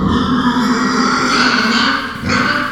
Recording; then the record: squeal of a Yucatan mini pig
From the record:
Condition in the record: after surgery on the right vocal fold (resection and tissue-engineered implant); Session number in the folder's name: 15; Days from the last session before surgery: 175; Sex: female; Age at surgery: 19 weeks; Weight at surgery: 25 kg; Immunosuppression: prednisolone